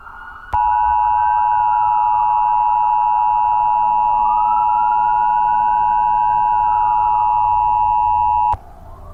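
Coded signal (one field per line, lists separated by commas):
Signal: Emergency Alert System (SAME) tones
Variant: 853 and 960 Hz attention tone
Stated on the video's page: Fictional EAS scenario, simulated alert.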